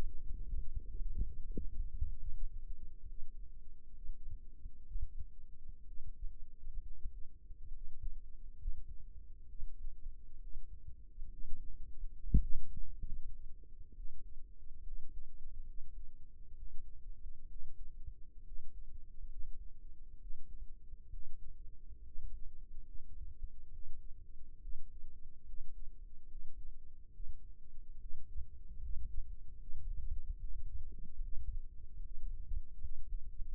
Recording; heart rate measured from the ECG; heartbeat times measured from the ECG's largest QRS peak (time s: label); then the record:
heart sounds by microphone in the right ear; 68 bpm
0.33 s: heartbeat
1.21 s: heartbeat
2.17 s: heartbeat
3.06 s: heartbeat
3.92 s: heartbeat
4.84 s: heartbeat
5.84 s: heartbeat
6.82 s: heartbeat
7.71 s: heartbeat
8.57 s: heartbeat
9.46 s: heartbeat
10.39 s: heartbeat
11.29 s: heartbeat
12.12 s: heartbeat
13.01 s: heartbeat
13.93 s: heartbeat
14.83 s: heartbeat
15.65 s: heartbeat
16.54 s: heartbeat
17.47 s: heartbeat
18.43 s: heartbeat
19.28 s: heartbeat
20.18 s: heartbeat
21.10 s: heartbeat
22.03 s: heartbeat
22.83 s: heartbeat
23.70 s: heartbeat
24.58 s: heartbeat
25.45 s: heartbeat
26.26 s: heartbeat
27.11 s: heartbeat
27.97 s: heartbeat
28.80 s: heartbeat
29.57 s: heartbeat
30.38 s: heartbeat
31.20 s: heartbeat
32.01 s: heartbeat
32.79 s: heartbeat
From the record:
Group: healthy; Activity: Valsalva maneuver 0-1 s, rest 1-34 s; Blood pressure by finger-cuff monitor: 95/60 mmHg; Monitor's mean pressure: 72 mmHg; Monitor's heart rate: 67 bpm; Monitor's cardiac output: 6.4 L/min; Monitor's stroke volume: 95 mL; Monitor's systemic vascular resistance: 820 dyn s/cm5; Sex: male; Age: 22 years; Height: 181 cm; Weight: 79 kg